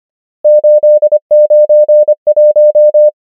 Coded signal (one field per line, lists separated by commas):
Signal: Morse code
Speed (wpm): 25 wpm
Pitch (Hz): 600 Hz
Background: none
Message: 8 9 1